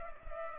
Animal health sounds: mosquito wingbeat signal from an infrared sensor; Culex pipiens

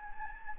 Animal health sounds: mosquito wingbeat signal from an infrared sensor; Anopheles gambiae

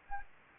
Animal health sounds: mosquito wingbeat signal from an infrared sensor; Anopheles gambiae

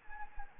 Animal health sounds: mosquito wingbeat signal from an infrared sensor; Anopheles arabiensis

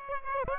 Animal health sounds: mosquito wingbeat signal from an infrared sensor; Aedes aegypti

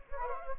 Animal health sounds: mosquito wingbeat signal from an infrared sensor; Anopheles gambiae

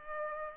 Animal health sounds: mosquito wingbeat signal from an infrared sensor; Culex pipiens

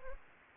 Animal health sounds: mosquito wingbeat signal from an infrared sensor; Anopheles gambiae

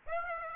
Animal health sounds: mosquito wingbeat signal from an infrared sensor; Aedes aegypti

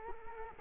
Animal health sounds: mosquito wingbeat signal from an infrared sensor; Culex quinquefasciatus

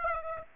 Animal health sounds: mosquito wingbeat signal from an infrared sensor; Aedes aegypti

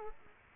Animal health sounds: mosquito wingbeat signal from an infrared sensor; Culex quinquefasciatus

